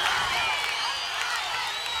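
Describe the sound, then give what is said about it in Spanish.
A crowd at a live tropical music concert in Curicó applauds and cheers, a dense, steady wash of clapping with high whistles and shouts mixed in, holding at an even level for about two seconds. “Un aplauso, un aplauso, un aplauso.”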